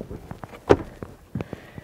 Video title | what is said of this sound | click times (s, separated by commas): Full Time Van Life to Living in a Four Wheel Camper - Hawk Truck Camper Review Tour | once you have it up you just simply push the support beam all the way forward until it locks into place then | 0.7 s